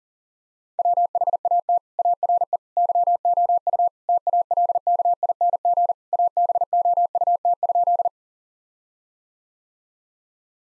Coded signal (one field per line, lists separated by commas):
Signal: Morse code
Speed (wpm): 40 wpm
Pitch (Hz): 700 Hz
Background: none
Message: WHAT ARE YOU TALKING ABOUT?